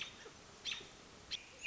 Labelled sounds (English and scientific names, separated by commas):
American Robin (Turdus migratorius)